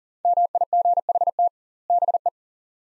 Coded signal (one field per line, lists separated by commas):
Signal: Morse code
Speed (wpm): 40 wpm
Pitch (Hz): 700 Hz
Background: none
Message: MIGHT BE